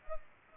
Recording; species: mosquito wingbeat signal from an infrared sensor; Culex pipiens